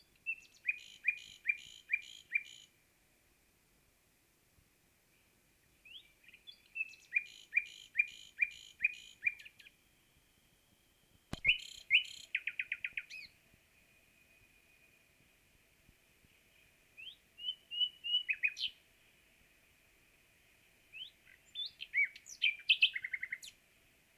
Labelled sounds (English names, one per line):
Common Nightingale song